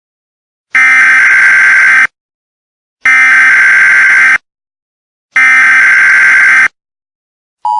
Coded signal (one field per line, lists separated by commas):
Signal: Emergency Alert System (SAME) tones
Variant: header bursts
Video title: Neo-Nazi Terrorist Attack EAS